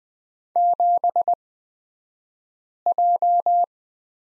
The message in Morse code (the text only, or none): 7J